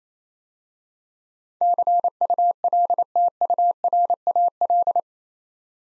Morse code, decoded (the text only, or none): CULTURAL